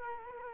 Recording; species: mosquito wingbeat signal from an infrared sensor; Culex quinquefasciatus